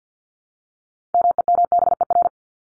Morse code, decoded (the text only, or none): MEMBER